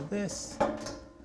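Someone talks while the black box part of a grain mill housing is lined up against the mill body, with light handling noise and a brief sharp sound right at the end. The part has not clicked or seated into place yet.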